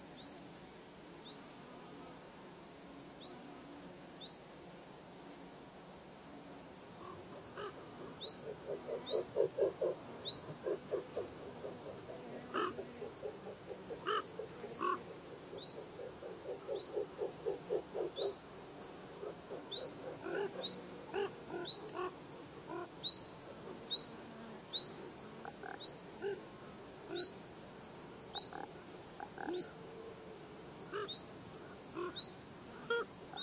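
Grasshoppers and other field insects keep up a steady, bright, high hiss throughout, with a short rising chirp repeating about once a second. Between roughly 8 and 28 seconds, bursts of fast, lower rattling pulses rise and fall over the drone.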